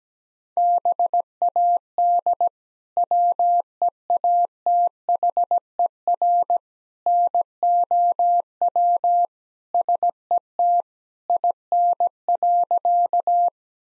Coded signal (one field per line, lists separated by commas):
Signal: Morse code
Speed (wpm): 17 wpm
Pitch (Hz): 700 Hz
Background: none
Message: BAD WEATHER NOW SET IN.